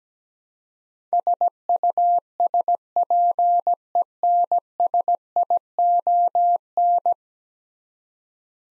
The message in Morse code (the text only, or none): SUSPENSION